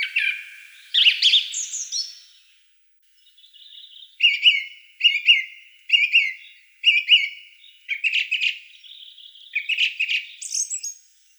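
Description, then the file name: Song thrush song with a varied opening phrase followed by one short chirpy phrase repeated several times in quick succession, then further varied notes. "Turdus philomelos"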